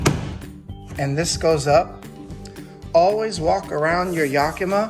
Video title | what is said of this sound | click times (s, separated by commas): Yakima Skybox 21 UNBOXING Review only Item: 8007337 Model 2022 Direct from Yakima | now here's the most important piece when you hear that click | 0.1 s